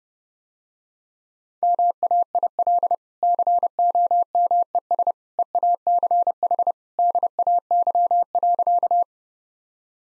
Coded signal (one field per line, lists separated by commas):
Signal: Morse code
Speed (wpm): 32 wpm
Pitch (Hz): 700 Hz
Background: none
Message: MAIL COMES EACH DAY.